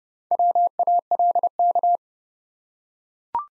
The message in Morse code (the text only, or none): WALK